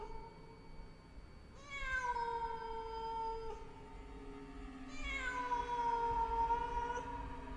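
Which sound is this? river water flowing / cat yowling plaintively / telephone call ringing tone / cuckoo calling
cat yowling plaintively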